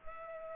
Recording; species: mosquito wingbeat signal from an infrared sensor; Culex pipiens